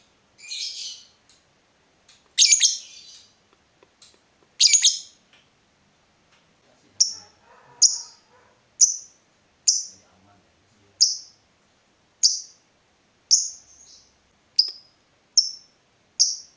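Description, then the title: Yellow-vented bulbul giving a few harsh bursts, then a steady series of short sharp calls repeated about once a second. Used as a bird lure. "PIKAT TRUCUKAN"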